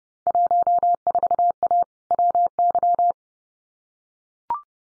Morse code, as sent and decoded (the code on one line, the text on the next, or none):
.---- ....- .- / .-- -.--
14A WY